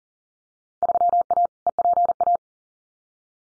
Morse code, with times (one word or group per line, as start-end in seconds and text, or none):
0.8-1.5 3A
1.7-2.4 EPA